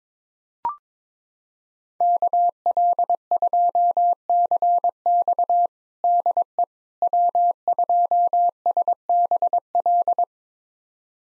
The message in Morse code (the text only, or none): KL2CX DE W2SBL